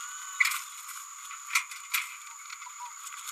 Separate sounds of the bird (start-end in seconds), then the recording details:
0.40-0.44. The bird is a male. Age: 28 days. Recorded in a nest box in Venezuela. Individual 17B102A4